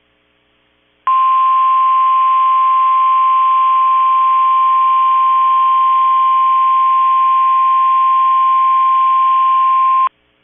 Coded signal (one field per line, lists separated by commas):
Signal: Emergency Alert System (SAME) tones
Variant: 1050 Hz attention tone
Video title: Flood Warning (EAS 1275)